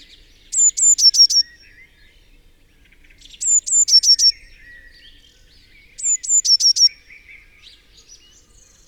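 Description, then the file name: Eurasian blue tit delivering three bright, high-pitched phrases roughly every three seconds, each a pair of sharp notes followed by a quick trill, with faint background chirps. "Cyanistes caeruleus"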